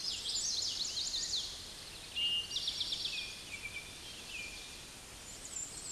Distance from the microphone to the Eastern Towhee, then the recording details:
about 25 m. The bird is about 5 m above the microphone. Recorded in a Pennsylvania forest on 16 May 2024 at 06:38. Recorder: AudioMoth, point MSD-2453. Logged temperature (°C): 16.3 °C. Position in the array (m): 202 m, 141 m